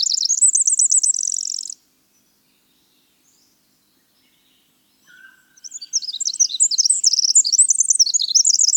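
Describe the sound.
Winter wren song: a short high buzzy trill ends a phrase, silence follows, then a new rapid cascade of tinkling warbled notes runs on.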